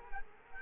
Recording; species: mosquito wingbeat signal from an infrared sensor; Culex quinquefasciatus